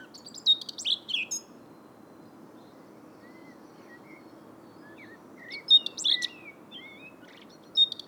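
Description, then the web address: Eurasian blackcap singing a short, bright warbled phrase, then soft scattered whistled notes, another loud warbled phrase later and a final brief note, with low background noise throughout. "Blackcap"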